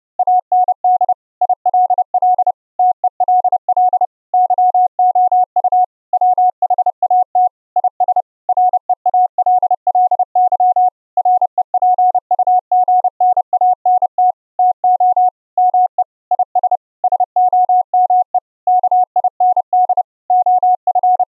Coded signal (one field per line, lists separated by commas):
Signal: Morse code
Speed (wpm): 30 wpm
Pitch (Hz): 730 Hz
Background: none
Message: AND ILL TELL YOU WHAT IS REALLY REPUGNANT TO ME IS SOME KIND OF